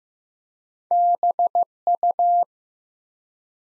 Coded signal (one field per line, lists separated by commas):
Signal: Morse code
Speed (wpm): 15 wpm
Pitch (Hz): 700 Hz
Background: none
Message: BU